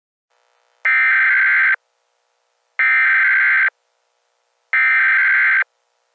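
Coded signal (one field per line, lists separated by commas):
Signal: Emergency Alert System (SAME) tones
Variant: header bursts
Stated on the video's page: Simulated weekly, monthly and nationwide test alerts; tones may be valid.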